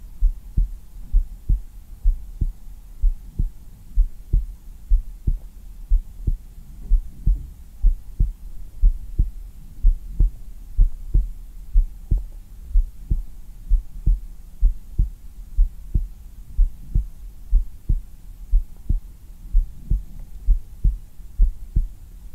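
A calming, steady adult heartbeat heard on bare skin through a black 3Dio binaural microphone, ASMR-style. It has deep, low thumps at about 63 beats per minute, over a soft low hum.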